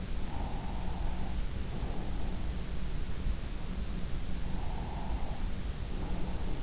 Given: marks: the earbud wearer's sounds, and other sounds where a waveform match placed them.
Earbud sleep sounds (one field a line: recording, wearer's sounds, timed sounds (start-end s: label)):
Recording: sounds in sleep by an in-ear microphone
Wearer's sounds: breath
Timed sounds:
0.23-2.38 s: breath
4.48-6.63 s: breath